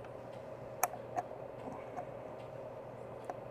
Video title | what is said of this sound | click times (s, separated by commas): Poroshell 120 Method Transfer - Part 1 | When you put the flow cell in, you want to make sure it clicks into place. | 0.8 s